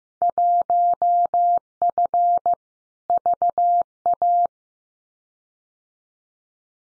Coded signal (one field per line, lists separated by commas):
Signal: Morse code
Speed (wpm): 15 wpm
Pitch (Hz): 700 Hz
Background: none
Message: 1F VA